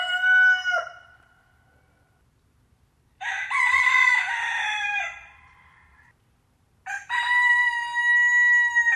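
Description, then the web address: Chicken: rooster crowing: the tail of one crow, then a full harsh crow, then another beginning near the end, separated by silences. Rooster (male). "granja daniela private Rooster"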